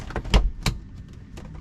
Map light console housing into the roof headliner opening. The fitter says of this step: here's 's one click two clicks three four